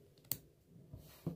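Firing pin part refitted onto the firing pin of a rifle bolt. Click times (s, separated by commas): 0.3 s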